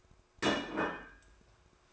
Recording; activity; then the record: daily activity, microphone in the room; place plate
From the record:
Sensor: 2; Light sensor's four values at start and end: 4/10/3/4 and 4/10/3/4